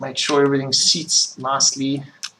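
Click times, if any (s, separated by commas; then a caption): none. Someone talks while fitting a section of a QP Design M30 rebuildable vape tank (RTA) onto the atomizer body; it is a part that locks with a click rather than a quarter-turn twist. Nothing has seated or clicked yet, and the part is still being handled and not yet home.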